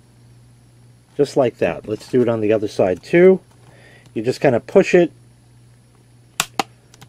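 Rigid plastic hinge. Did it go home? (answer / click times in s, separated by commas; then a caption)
yes / 6.4 s, 6.6 s. Someone talks while pushing the second half of a plastic folding cup-holder tray against its hinge. After the speech, two sharp loud snaps are heard at 6.4 and 6.6 seconds as the tray half locks flat into place, followed by a couple of faint ticks.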